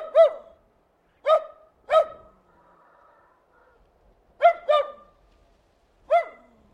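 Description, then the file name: Terrier barking in quick clusters: a single bark, a pair, another pair, then a final bark, each sharp and high-pitched. "ANIMAL DOG TERRIER BARKING"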